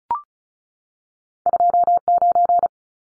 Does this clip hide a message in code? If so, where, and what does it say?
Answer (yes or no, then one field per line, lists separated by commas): yes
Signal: Morse code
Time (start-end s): 1.5-2.7 s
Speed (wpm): 34 wpm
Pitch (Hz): 700 Hz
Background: none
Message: 29